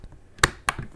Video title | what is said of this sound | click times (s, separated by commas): NutriMill Plus Review - Self Reliant Living #059 | Did you hear the click? So it clicks in there, so you know it's in there. | 0.4 s, 0.7 s